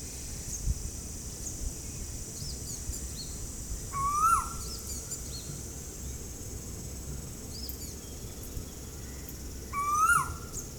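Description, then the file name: Asian koel: two separate rising whistled notes about six seconds apart, over a constant high background buzz. Recorded at Ezhimala, Kannur, Kerala. "Asian Koel Eudynamys scolopaceus from Ezhimala Kannur Kerala"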